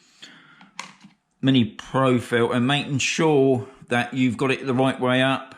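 After the UV filter is removed, a plastic ND filter is handled and lined up the right way up over the gimbal camera lens of a DJI Mini 3 Pro drone. Faint handling noises with a sharp tap at 0.8 s come first, then someone talks. Nothing has seated or clicked yet.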